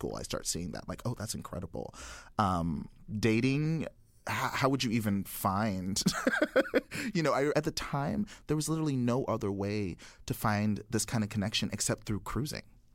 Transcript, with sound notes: I start seeing that, like, oh, that's incredible. Dating - how would you even find (laughter) - you know, I - at the time, there was literally no other way to find this kind of connection except through cruising.